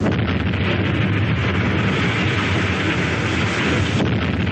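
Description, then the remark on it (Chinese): Original recording, made by the Pearl River Film Studio for Yuan Geng, of blasting explosions cutting into a hillside to move earth at the Shekou Industrial Zone, Shenzhen, China, in 1979, merging into a loud, sustained roar of rumbling, crackling noise that barely lets up, shifting slightly just before the end. No voices are heard. “这是当时袁庚委托珠江电影制片厂录制的开山炸土方的炮声原声。”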